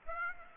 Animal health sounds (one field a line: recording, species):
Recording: mosquito wingbeat signal from an infrared sensor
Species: Aedes aegypti